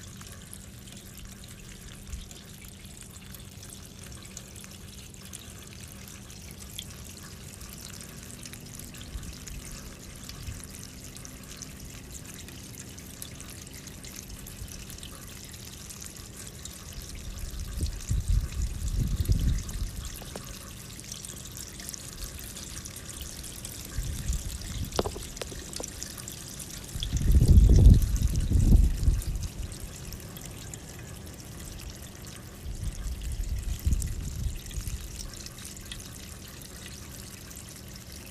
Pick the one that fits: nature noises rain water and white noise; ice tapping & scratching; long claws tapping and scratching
nature noises rain water and white noise